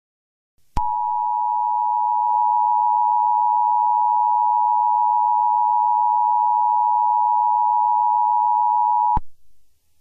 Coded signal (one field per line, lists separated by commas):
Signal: Emergency Alert System (SAME) tones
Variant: 853 and 960 Hz attention tone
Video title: EAS Scenario - The Strike